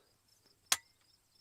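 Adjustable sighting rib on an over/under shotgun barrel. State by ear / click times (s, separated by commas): seated / 0.7 s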